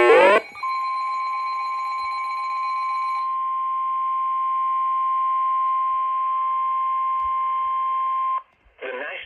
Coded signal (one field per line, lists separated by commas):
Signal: Emergency Alert System (SAME) tones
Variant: 1050 Hz attention tone